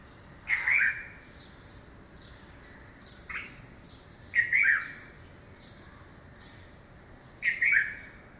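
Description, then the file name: Red-vented bulbul calling: brief bubbly chirps repeated at irregular intervals of one to three seconds, with faint high thin notes between them. "Pycnonotus cafer - Red-vented Bulbul"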